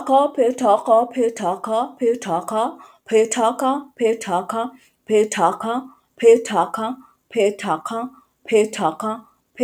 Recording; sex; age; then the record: repeated syllables /pa ta ka/; female; 40 to 49 years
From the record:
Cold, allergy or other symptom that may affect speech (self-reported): no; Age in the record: 40 years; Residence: Washington, United States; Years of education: 16